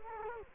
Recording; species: mosquito wingbeat signal from an infrared sensor; Culex quinquefasciatus